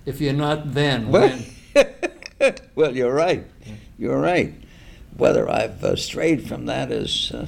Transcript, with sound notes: If you’re not then, when?
[laughs] Well, you’re right. You’re right. Whether I’ve strayed from that is